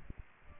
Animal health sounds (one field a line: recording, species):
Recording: mosquito wingbeat signal from an infrared sensor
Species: Aedes aegypti